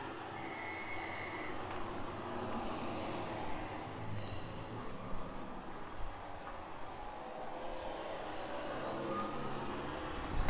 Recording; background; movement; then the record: deep breathing; traffic; walking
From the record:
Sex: female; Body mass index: 36.4 kg/m2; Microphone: on the chest, facing outward